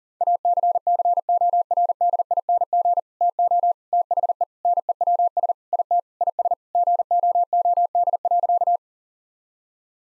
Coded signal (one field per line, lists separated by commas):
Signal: Morse code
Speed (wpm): 37 wpm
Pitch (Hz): 700 Hz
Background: none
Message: ACCORDING TO THE NEWS IT IS GOOD.